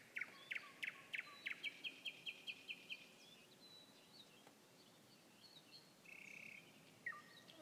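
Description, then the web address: Nightingale song opening with a fast series of about a dozen loud, regular repeated notes, then a pause, a buzzy sustained note and a falling note. Nightingale song recorded on 21 May 2016. "slowik-spiew-slowika-21-maja-2016-r"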